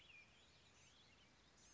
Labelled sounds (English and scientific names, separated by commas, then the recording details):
Blue-gray Gnatcatcher (Polioptila caerulea)
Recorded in Sonoma County, California